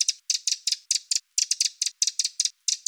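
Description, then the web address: Eurasian wren giving a dry, ticking rattle call: sharp high clicks in quick bursts of two or three, repeated throughout with short silent gaps between them. "Troglodytes troglodytes"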